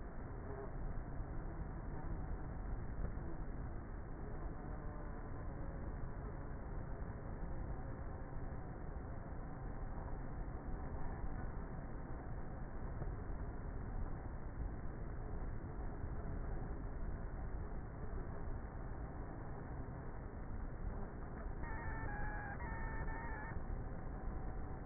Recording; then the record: honeybee colony, microphone inside the hive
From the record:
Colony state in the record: queenless with a low population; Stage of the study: before two queens were removed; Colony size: about 30,000 bees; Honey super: no